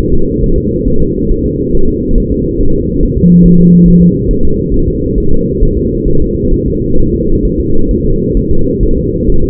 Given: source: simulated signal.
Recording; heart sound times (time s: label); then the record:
fetal heart sounds
0.13 s: S2
0.44 s: S1
0.58 s: S2
0.88 s: S1
1.02 s: S2
1.31 s: S1
1.46 s: S2
1.75 s: S1
1.89 s: S2
2.18 s: S1
2.32 s: S2
2.61 s: S1
2.75 s: S2
3.03 s: S1
3.17 s: S2
3.46 s: S1
3.60 s: S2
3.88 s: S1
4.03 s: S2
4.31 s: S1
4.45 s: S2
4.74 s: S1
4.88 s: S2
5.18 s: S1
5.32 s: S2
5.63 s: S1
5.77 s: S2
6.08 s: S1
6.22 s: S2
6.54 s: S1
6.68 s: S2
6.99 s: S1
7.14 s: S2
7.45 s: S1
7.60 s: S2
7.91 s: S1
8.05 s: S2
8.37 s: S1
8.51 s: S2
8.83 s: S1
8.97 s: S2
9.29 s: S1
9.44 s: S2
From the record:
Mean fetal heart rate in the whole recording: 135 bpm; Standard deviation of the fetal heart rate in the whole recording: 3 bpm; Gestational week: 36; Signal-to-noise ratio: -19.1 dB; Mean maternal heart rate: 72 bpm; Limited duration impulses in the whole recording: present